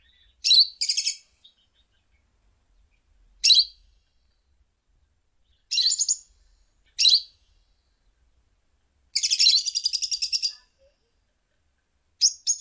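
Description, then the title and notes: Lovebird calls in short harsh, buzzy bursts of high chirps, spaced irregularly, ending with a longer rapid chattering run near the close. Ngekek song style of a lovebird, used as a bait song (kicau pancingan) to prompt other lovebirds to sing. "suara Master Kicau Lovebird ngekek, kicau pancingan"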